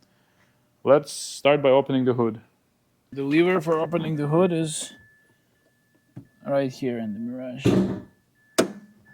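Someone talks, then the interior hood release lever of a 2012-2024 Mitsubishi Mirage small hatchback is pulled to open the hood for an oil change. The hood latch releases with a single loud, sharp click at 8.6 s, and the hood is open.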